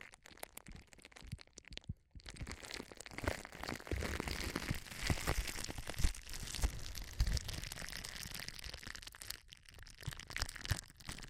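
Dense, close-up crackling and crinkling, like an ear exploration, fills most of the stretch with rapid, irregular ticks and scratches over a bright hiss. A brief pause near two seconds breaks it before the texture resumes, dipping again around nine to ten seconds.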